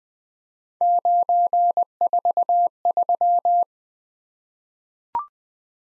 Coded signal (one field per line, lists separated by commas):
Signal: Morse code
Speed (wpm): 20 wpm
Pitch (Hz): 700 Hz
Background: none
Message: 943